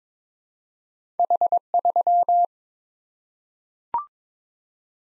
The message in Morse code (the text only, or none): H3